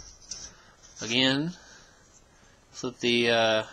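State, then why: Seated. During the transformation of a plastic Transformers Prime Optimus Prime action figure, the shoulder section is flipped out and collapsed down until the plastic shoulder piece snaps into place with a single sharp click at 0.3 s. Someone talks before and after the click.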